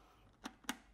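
On the second side of an Arai helmet with a VAS-V type visor fitting, the top part of the plastic visor side pod is located and the rest drops into place. A finger then presses it home into the helmet shell mounting so it doesn't pop off. A softer tick at 0.5 s is followed by a sharp click at 0.7 s as the side pod seats.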